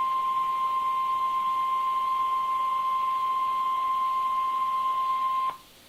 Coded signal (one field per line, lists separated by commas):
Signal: Emergency Alert System (SAME) tones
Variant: 1050 Hz attention tone